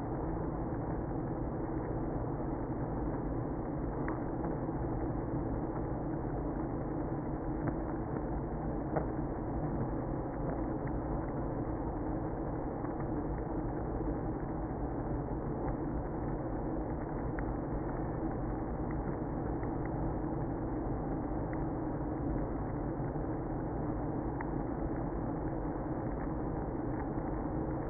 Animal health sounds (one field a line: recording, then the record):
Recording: honeybee colony, microphone inside the hive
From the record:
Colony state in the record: queenless (queen removed)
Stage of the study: after two queens were removed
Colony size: about 60,000 bees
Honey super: yes